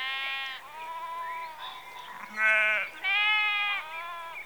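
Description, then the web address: Sheep bleating, several overlapping harmonic bleats of varying pitch, with two louder bleats in the second half. Sheep in a rural setting in the early evening, close. "Sound Effects Library-52 (Exterior Atmospheres-Rural Backg) 11 Sheep Early Evening"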